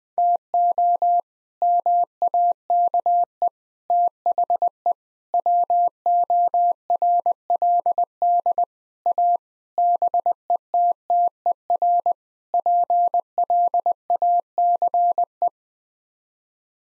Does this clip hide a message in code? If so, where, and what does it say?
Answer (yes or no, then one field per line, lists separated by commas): yes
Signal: Morse code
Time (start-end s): 0.2-15.5 s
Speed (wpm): 20 wpm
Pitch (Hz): 700 Hz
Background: none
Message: TO MAKE THE WORLD A BETTER PLACE